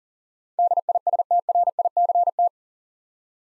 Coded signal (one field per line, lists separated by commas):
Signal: Morse code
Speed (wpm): 42 wpm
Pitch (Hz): 700 Hz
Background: none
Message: DISTRICT